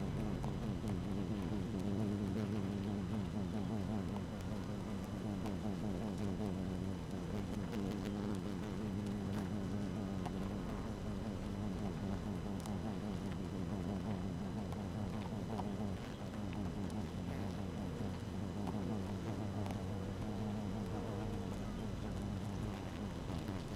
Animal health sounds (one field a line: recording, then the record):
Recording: honeybee colony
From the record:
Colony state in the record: active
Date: 12 June 2018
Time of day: 6:37